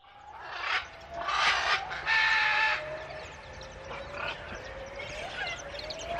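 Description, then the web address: Great green macaw giving loud, harsh, raspy squawks in a few bursts, then quieter rough calls trailing off. "parrots ara-ambigua"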